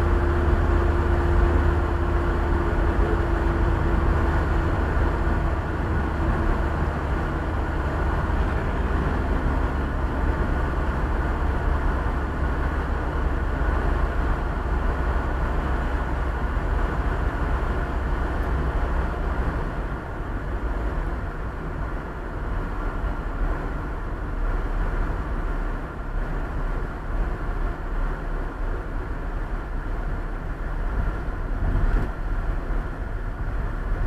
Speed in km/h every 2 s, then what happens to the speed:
77, 77, 74, 72, 70, 69, 67, 66, 66, 64, 63, 60, 58, 56, 52, 45, 43.
0-34 slows to 43.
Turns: none.